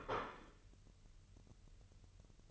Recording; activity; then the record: daily activity, microphone in the room; place plate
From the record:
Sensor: 4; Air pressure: 1008.4 hPa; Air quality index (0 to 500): 81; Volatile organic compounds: 1 ppm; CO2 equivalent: 648 ppm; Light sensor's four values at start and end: 15/34/14/13 and 15/34/14/13